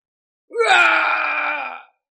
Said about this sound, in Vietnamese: Truyền đến tiếng gào không cam lòng với bất khuất.